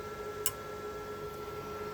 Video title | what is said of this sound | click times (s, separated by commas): uc300 cannot connect message | plug it back in and listen for the click | 0.5 s